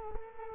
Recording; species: mosquito wingbeat signal from an infrared sensor; Culex quinquefasciatus